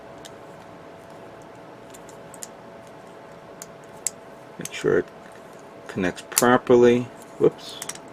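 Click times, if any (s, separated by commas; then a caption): none. A small plastic arm part from a Perfect Grade Trans-Am Gundam Exia plastic model kit is handled and positioned against its mating part, giving scattered light plastic ticks and taps while someone talks. Nothing has seated or clicked into place yet.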